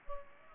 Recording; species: mosquito wingbeat signal from an infrared sensor; Culex pipiens